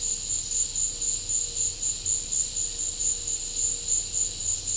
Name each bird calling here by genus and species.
none